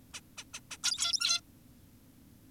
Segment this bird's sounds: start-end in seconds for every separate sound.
0.14-0.21, 0.38-0.44, 0.54-0.60, 0.71-0.77, 0.84-1.40